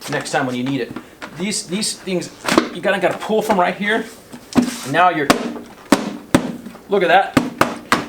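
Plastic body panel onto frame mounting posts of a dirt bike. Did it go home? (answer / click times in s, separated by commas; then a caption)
yes / 5.9 s, 6.4 s. Someone talks while a plastic side panel of a 16-to-18-style Husqvarna dirt bike, its rubber grommets lubricated, is pressed back onto the frame mounting posts. Two sharp pops at 5.9 s and 6.4 s mark the panel snapping into place on the grommet posts, seating it fully.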